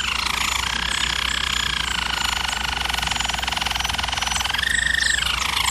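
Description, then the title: German Roller canary in a continuous fast, pulsing rolled trill, steady in pitch, switching near the end to a clear sustained tone; faint low hum behind. German Roller canary singing, for canary training. "German Roller Canary Singing - Canary Training Vid"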